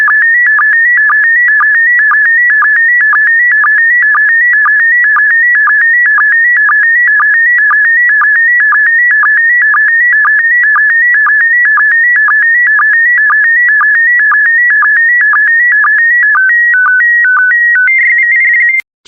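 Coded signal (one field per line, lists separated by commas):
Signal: SSTV (slow-scan television)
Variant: PD120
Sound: steady warbling, stepping tones with a regular short low blip about twice a second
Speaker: transmission complete you can now check your decoded image against the picture that is shown on the video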